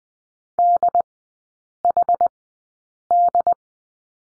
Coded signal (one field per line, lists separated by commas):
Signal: Morse code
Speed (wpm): 20 wpm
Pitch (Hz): 700 Hz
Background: none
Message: DHD